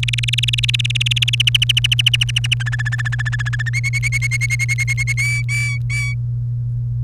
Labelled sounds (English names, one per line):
Domestic Canary song